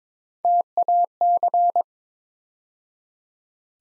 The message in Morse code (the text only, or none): TAC